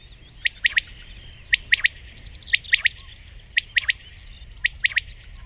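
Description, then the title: Common quail song: crisp triple-note phrases, short and high, repeating roughly every second against a faint low rumble. "Viiriäinen"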